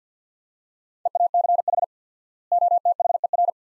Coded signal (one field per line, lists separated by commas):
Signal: Morse code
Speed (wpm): 46 wpm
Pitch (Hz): 700 Hz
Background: none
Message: EACH OTHER